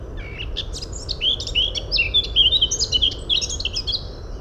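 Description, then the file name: Eurasian blackcap giving a busy warble of scratchy chips mixed with bright whistled notes, building to a louder fluty run. "Sylvia atricapilla"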